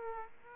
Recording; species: mosquito wingbeat signal from an infrared sensor; Aedes aegypti